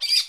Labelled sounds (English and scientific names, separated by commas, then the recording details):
Brown-throated Parakeet (Eupsittula pertinax) contact call
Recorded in Curacao
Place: Hoffi Jan Thiel
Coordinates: 12.094, -68.877